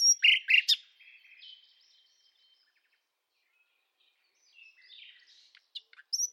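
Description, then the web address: Bird singing loud chirps at the start, soft warbling in between, and a few sharp notes returning at the close. "Bird Only"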